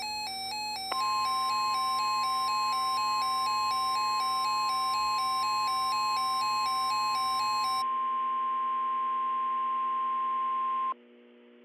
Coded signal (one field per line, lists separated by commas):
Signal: Emergency Alert System (SAME) tones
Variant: 1050 Hz attention tone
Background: music